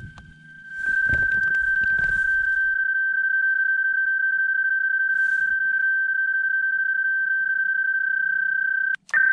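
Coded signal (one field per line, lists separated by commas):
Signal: PSK31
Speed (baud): 31.25 baud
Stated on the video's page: CW on a summit activation, Summits on the Air, after a PSK31 test made with a cell phone app.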